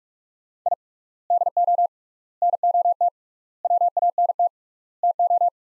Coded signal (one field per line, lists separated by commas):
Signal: Morse code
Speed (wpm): 43 wpm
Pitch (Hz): 700 Hz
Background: none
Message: I DO NOT WANT TO